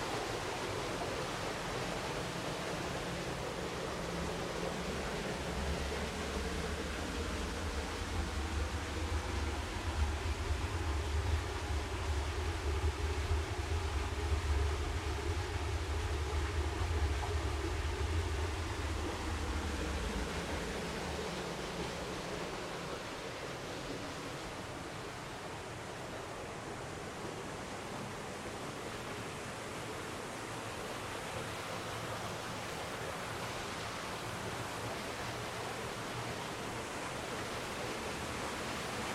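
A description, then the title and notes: Water rushes steadily through a creek in a sandstone canyon, a dense, even hiss that fills the whole clip. A deep rumble swells in from about five seconds and fades near twenty, with a slowly sweeping tone suggesting something passing. Afterward the flow sounds slightly softer. Cougar Canyon Creek. This soundwalk was taken June 1, 2022 at Cougar Canyon in Vancouver, Washington. It features the manifold sounds of water moving through a unique sandstone landscape.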